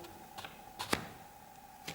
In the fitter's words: теж чути звук клац ніде нічого не болтається ніж не згубиться